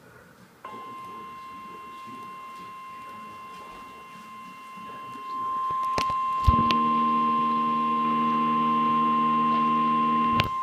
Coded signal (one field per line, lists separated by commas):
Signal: Emergency Alert System (SAME) tones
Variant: 1050 Hz attention tone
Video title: EAS #126 - Tornado Warning (Live Stream) 11-17-2013